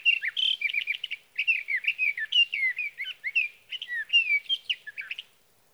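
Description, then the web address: Sage thrasher delivering a sustained, rambling warble of mixed clear whistles and burry notes in long phrases, separated by short pauses. "birdsongforthecurious Sage Thrasher"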